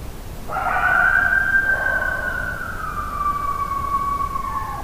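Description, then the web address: Coyote howl, one long drawn-out cry that starts strong, holds a steady pitch, then slowly sinks lower over about four seconds. Howl recorded on 26 July 2009. "Coyote 2009 07 26 howl"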